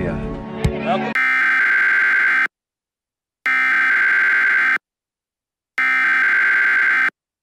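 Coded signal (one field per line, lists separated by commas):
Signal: Emergency Alert System (SAME) tones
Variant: header bursts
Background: speech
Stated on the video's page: Mock EAS alert for a fictional Yellowstone volcano scenario.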